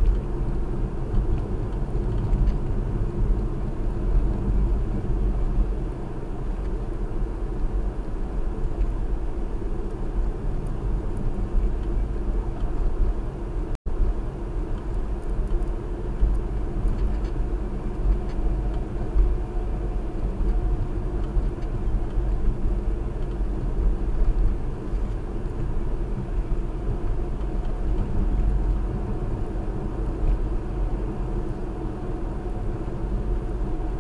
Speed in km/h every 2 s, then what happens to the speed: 60, 61, 61, 60, 60, 60, 61, 61, 63, 63, 61, 60, 61, 63, 63, 63, 63.
0-34 steady at about 61.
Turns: none.